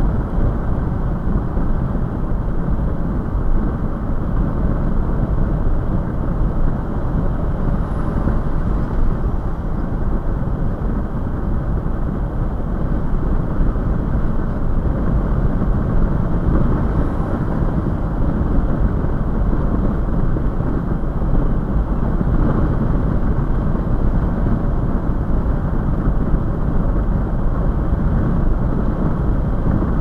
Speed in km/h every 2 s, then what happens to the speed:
113, 113, 113, 111, 111, 111, 113, 111, 111, 109, 109, 109, 109, 108, 108.
0-30 steady at about 111.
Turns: none.